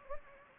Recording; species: mosquito wingbeat signal from an infrared sensor; Anopheles gambiae